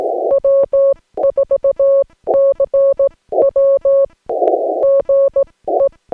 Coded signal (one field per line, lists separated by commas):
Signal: Morse code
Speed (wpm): 16 wpm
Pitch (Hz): 550 Hz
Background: none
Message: W4CW GE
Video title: Morse Code POTA Activation from Pinnacles National Park